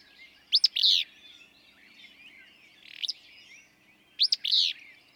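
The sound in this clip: Willow flycatcher song, a crisp note followed by a burry buzz, given twice with a softer version between, amid quiet background birdsong.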